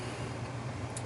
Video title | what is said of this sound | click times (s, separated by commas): Leatherman Charge TTI Review | can opener here and if you can hear that clicking I'm not sure if you can on the video but that's that's these things locking into place | 1.0 s